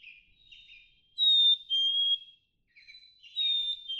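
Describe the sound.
Black-capped chickadee whistling a sweet falling two-note song, one full phrase and a second cut off at the end.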